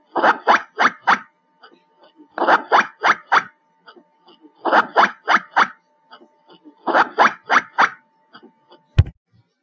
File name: Tieng soc den keu